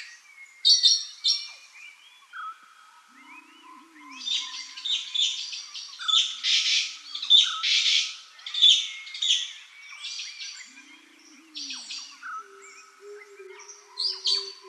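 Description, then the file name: Blue magpie giving harsh, buzzy squawks in uneven bursts, with quieter whistled notes and a low hum beneath. "Blue-Magpie from-Habitat-Edition-2017"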